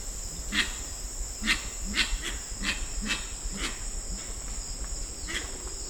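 Grey-winged trumpeter giving short deep hoots every half second to a second, with a longer pause near the end, over a steady insect buzz.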